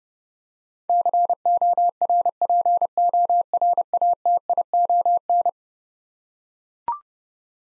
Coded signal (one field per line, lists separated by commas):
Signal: Morse code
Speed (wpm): 29 wpm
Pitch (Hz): 700 Hz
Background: none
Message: CORPORATION